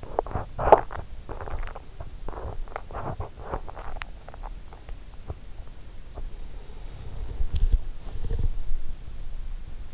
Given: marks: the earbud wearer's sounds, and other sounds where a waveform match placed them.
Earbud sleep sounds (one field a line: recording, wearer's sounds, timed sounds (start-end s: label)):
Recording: sounds in sleep by an in-ear microphone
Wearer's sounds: swallowing, teeth grinding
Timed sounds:
0.00-2.24 s: swallowing
2.24-8.89 s: teeth grinding